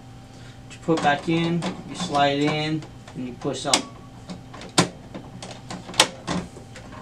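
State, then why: Seated. A new ink cartridge is slid into the carriage of an HP Deskjet 2652 printer and pushed up until it latches, while someone talks. Sharp clicks at 4.8 s and 6.0 s mark it snapping home and seating.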